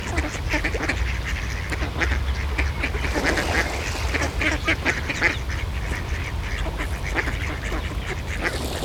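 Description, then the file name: A group of ducks quacking steadily, harsh notes tumbling over one another above a low hum. Ducks in a pond. "Eenden in een vijver - Sound Cloud - Beeld en Geluid"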